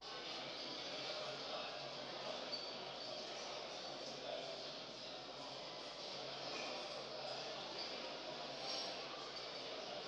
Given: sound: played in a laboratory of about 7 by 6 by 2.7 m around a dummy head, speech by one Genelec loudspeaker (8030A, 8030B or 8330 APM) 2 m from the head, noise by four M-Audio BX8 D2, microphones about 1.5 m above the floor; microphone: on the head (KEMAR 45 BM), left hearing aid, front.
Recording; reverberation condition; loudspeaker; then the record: cafeteria noise; high; four, about 170 cm from the corners of the room and facing them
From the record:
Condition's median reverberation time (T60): about 1300 ms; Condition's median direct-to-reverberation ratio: about -4.0 dB